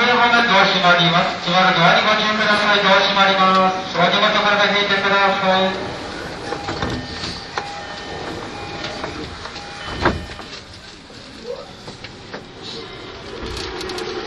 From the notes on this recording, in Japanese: E231系山手線外回りを収録したものです